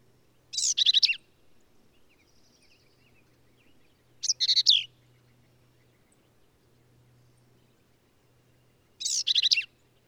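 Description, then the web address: Black-capped vireo song, three short, loud, scratchy and jumbled phrases several seconds apart, with quiet gaps between them. "birdsongforthecurious Black-capped Vireo"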